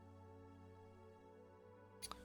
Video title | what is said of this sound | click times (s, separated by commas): How to build a GAMING PC | You'll hear a little click when you push in the back that | 2.1 s